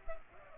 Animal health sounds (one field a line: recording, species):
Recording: mosquito wingbeat signal from an infrared sensor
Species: Culex pipiens